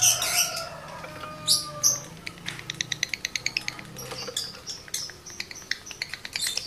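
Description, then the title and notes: Lovebird chattering song: squeals and whistled notes, then a long train of sharp clicks. Male lovebird in breeding condition; the song is used as a lure to prompt other lovebirds to sing. "Birahi Lovebird Jantan ke Gacor. Pancingan Suara Lovebird jantan birahi ini sangat manjur untuk burung Lovebird Anda"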